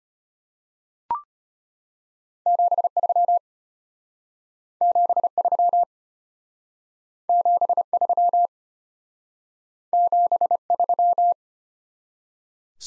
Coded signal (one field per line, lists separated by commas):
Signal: Morse code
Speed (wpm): 33 wpm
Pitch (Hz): 700 Hz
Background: none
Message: 73 73 73 73